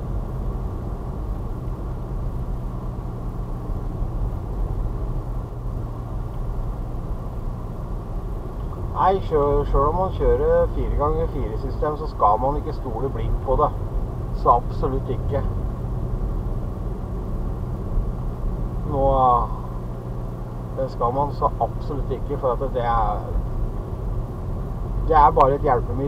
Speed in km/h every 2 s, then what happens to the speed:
44, 43, 41, 41, 41, 39, 40, 41, 43, 43, 43, 41, 41.
0-26 steady at about 41.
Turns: none.